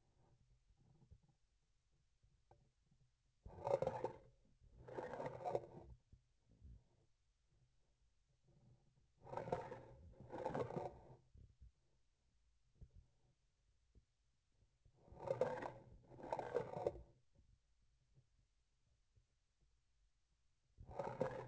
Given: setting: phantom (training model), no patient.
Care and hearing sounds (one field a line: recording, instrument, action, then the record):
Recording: laparoscopic instrument, vibration sensor on the handle end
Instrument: grasping forceps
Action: approaching and retracting movements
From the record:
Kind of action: spatial motion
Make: other than Olympus